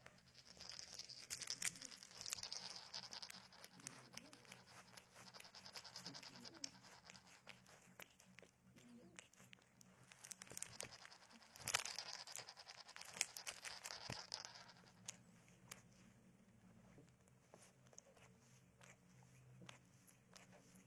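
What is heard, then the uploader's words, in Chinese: A cat eats, with dense, irregular crunching and sharp clicks that come thickest in the first few seconds and again around ten to fourteen seconds, then thin out. A low, steady hum runs underneath throughout. 猫咪进食、睡觉、玩耍的声音。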